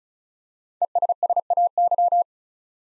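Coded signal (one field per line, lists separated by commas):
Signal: Morse code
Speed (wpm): 36 wpm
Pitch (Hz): 700 Hz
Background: none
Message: ESSAY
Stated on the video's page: Five-letter word head-copy drill at 35 wpm; each word sent in Morse, spoken, then sent again.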